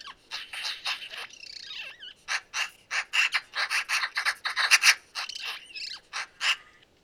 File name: eurasian magpie - pica pica